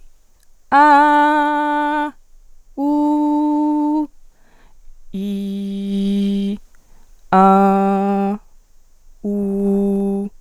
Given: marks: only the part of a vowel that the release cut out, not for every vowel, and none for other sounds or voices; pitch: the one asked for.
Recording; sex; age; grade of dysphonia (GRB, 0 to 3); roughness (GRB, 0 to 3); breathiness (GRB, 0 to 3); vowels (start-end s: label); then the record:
sustained vowels; female; 20 to 29 years; 0; 0; 0
0.78-2.01 s: vowel /a/, high pitch
2.83-3.98 s: vowel /u/, high pitch
5.20-6.50 s: vowel /i/, low pitch
7.56-8.30 s: vowel /a/, low pitch
9.30-10.22 s: vowel /u/, low pitch
From the record:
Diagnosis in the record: healthy voice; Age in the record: 20 years